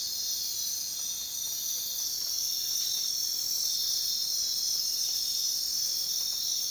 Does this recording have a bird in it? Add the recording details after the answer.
no. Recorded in dense forest near Puerto Asís, Putumayo, Colombia, on 19 February 2024 at 04:30. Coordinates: 0.466, -76.327. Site G6413